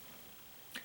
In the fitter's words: just to bring it up there's a little tab here bring up and it locks into place until